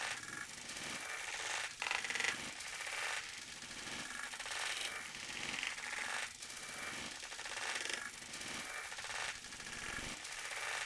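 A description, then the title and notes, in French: Tools are being rummaged and put away in a toolbox, making a dense, continuous metallic rattle. Heavier clanks or shoves recur about every one and a half seconds, giving the clattering a steady pulsing rhythm throughout. Texture pulsée, son de rangement d'une boîte à outil.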